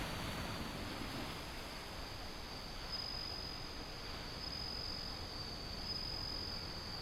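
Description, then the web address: Bell cricket giving a few faint high ringing bursts, nearly drowned by a thick, constant roar of wind and surf. Windy, with ocean sound. "windy scape osean sound suzumushi"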